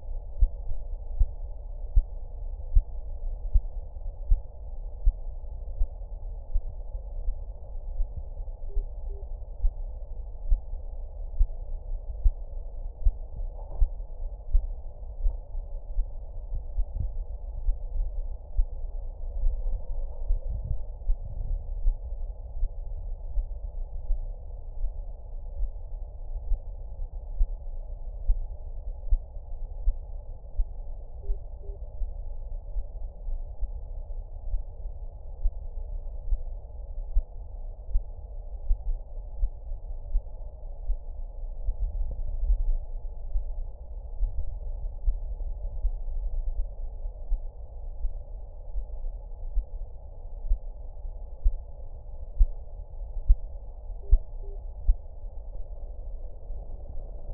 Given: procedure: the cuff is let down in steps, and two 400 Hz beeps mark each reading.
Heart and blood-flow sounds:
Korotkoff sounds by stethoscope; brachial artery, at the lower edge of an arm cuff
8.70-9.22 s: 77.5 mmHg
31.23-31.76 s: 75 mmHg
54.03-54.56 s: 72.5 mmHg
From the record:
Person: healthy adult, 24 to 32 years, lying on the back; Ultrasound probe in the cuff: proximal

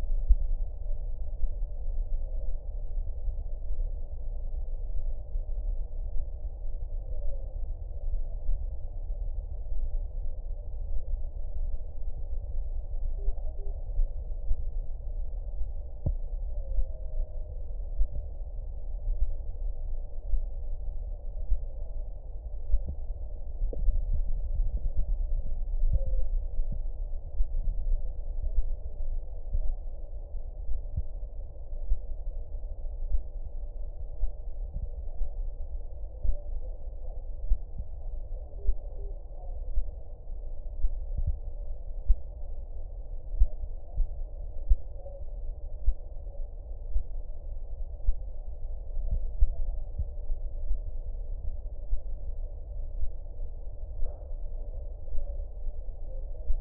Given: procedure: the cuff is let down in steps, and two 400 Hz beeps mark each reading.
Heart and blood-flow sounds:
Korotkoff sounds by stethoscope; brachial artery, at the lower edge of an arm cuff
13.19-13.71 s: 65 mmHg
38.59-39.11 s: 60 mmHg
From the record:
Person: healthy adult, 24 to 32 years, lying on the back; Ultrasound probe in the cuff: proximal

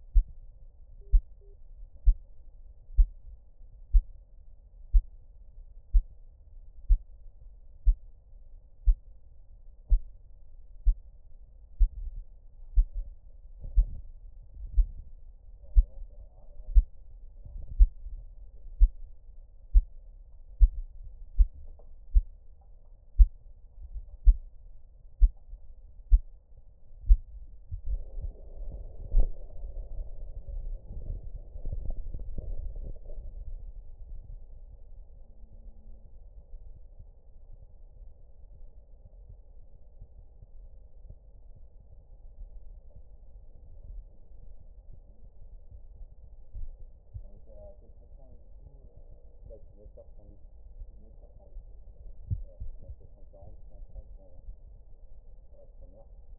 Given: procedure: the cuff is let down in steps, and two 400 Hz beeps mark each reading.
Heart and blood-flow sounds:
Korotkoff sounds by stethoscope; brachial artery, at the lower edge of an arm cuff
1.01-1.54 s: 110 mmHg
From the record:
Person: healthy adult, 24 to 32 years, lying on the back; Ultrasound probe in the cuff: distal

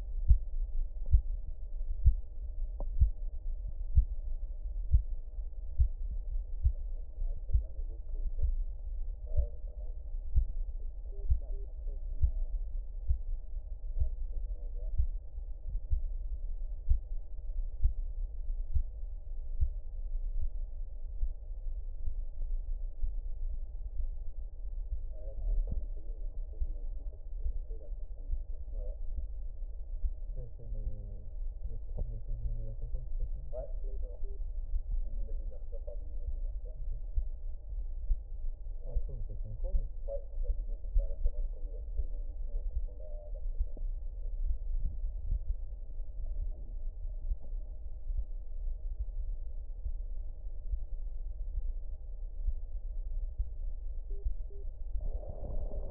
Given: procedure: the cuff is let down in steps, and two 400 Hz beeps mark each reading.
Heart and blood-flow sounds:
Korotkoff sounds by stethoscope; brachial artery, at the lower edge of an arm cuff
11.12-11.65 s: 75 mmHg
33.84-34.37 s: 65 mmHg
54.10-54.63 s: 55 mmHg
From the record:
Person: healthy adult, 24 to 32 years, lying on the back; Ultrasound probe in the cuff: middle

